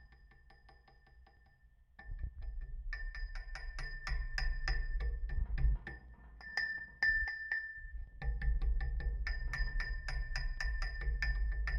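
Rings strike rusty metal poles in quick, steady volleys, each hit leaving a bright, high ringing tone that hangs in the air. After a quiet opening of fading ring, the striking starts near three seconds, briefly pauses around seven, then resumes over a low rumble.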